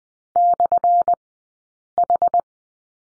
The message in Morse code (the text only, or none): /H